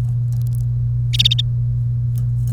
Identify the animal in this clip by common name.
Domestic Canary